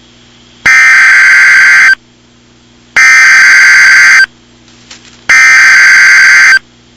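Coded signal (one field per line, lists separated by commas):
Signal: Emergency Alert System (SAME) tones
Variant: header bursts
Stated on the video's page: Fictional mock EAS scenario about mutated rats.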